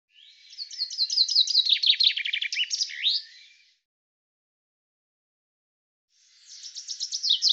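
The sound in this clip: Bird song phrase of rapid descending notes, running over three seconds and closing with a rising slurred note, followed by silence and the start of another phrase.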